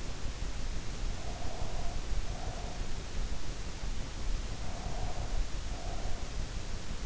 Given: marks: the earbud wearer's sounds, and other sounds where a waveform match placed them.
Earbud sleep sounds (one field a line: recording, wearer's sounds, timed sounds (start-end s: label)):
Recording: sounds in sleep by an in-ear microphone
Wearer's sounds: breath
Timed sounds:
1.19-3.07 s: breath
4.53-6.32 s: breath